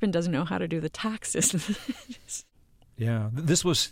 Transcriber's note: laughter